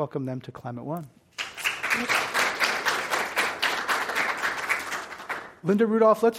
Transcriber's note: applause